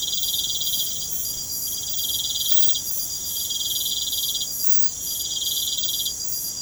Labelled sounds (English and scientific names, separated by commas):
none